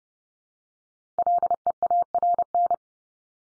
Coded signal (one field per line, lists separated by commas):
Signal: Morse code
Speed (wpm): 30 wpm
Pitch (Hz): 700 Hz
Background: none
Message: LEARN